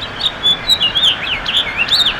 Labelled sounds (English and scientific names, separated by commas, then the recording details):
House Finch (Haemorhous mexicanus) song
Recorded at Glen Cove on Long Island, New York, on 14 June 2013
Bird A